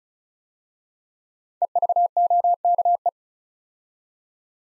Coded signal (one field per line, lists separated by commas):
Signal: Morse code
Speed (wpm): 36 wpm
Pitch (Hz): 700 Hz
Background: none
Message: EVOKE